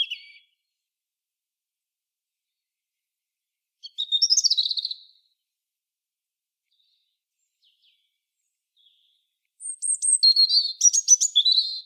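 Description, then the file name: European robin singing short, high, thin warbling phrases that shift in pitch, separated by long silent pauses; no other sounds. "Erithacus rubecula"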